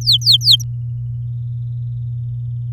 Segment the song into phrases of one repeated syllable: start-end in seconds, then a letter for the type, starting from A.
0.01-0.63 A